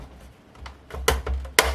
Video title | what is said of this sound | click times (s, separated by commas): C64x N100DC-ITX Silent Build beginners tutorial Part 1 | which it is now did you hear it click in so the rear iio Shields clicked in the front's in | 1.6 s